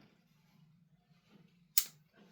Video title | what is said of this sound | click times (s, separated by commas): Tokyo Marui P320 GBB Pistol Disassembly & Maintenance Guide | and it will click into place like that. We're good to go. | 1.8 s